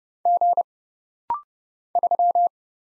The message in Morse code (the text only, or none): G 3